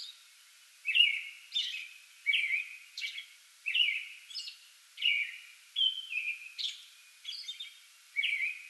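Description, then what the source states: American robin song: rich whistled phrases with thin high notes, soft hiss behind. Pre-dawn song bout, recorded 8 May 2022.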